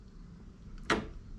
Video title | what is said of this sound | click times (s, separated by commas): BMW R 1250 FSA: Wunderlich Highway Pegs & QuadLock QI Charger HD | Clicks in place | 0.9 s